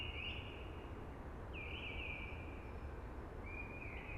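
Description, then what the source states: Eurasian blackbird with three flowing, fluty song phrases, steady rushing background throughout. Singing early, amongst hushing conifers.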